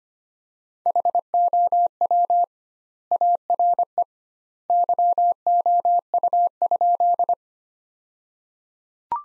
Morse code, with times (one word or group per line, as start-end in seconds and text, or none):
0.9-2.4 HOW
3.1-4.0 ARE
4.7-7.3 YOU?